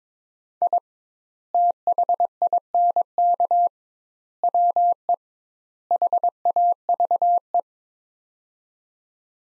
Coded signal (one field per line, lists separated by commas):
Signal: Morse code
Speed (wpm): 22 wpm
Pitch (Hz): 700 Hz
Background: none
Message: I THINK WE HAVE